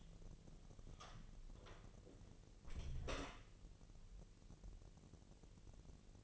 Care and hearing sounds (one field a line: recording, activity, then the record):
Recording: daily activity, microphone in the room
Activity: close door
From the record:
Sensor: 4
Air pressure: 1002.1 hPa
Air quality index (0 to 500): 248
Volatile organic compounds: 41 ppm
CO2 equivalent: 3164 ppm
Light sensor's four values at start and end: 9/20/8/7 and 10/21/8/8